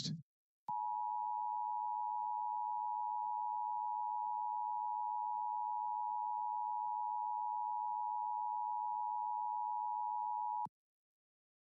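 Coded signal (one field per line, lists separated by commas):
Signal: Emergency Alert System (SAME) tones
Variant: 853 and 960 Hz attention tone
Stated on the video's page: Heard during a special DX test by AM 1100 station in Woodbine, Georgia, received on a Perseus SDR.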